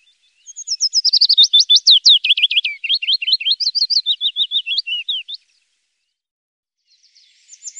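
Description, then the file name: Willow warbler song, a long descending run of sweet, clear whistled notes lasting nearly five seconds, followed by silence and the start of another phrase. "Lovsagare"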